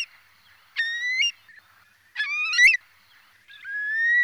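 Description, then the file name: Eurasian curlew calls: two rising whistled notes, then a long drawn-out upward-sweeping whistle at the close. Filtered. "CHIURLO"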